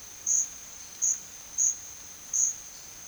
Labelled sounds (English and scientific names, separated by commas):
none